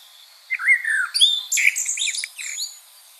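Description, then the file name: Common blackbird song: one short, sliding, flute-like warble followed by a quick run of high, squeaky, scratchy notes. "Turdus merula"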